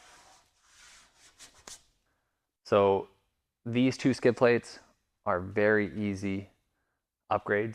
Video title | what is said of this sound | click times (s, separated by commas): HOW TO: SKID Plate Installation - 19-24 RAM 1500 DT | push them in and they lock right in place | 1.7 s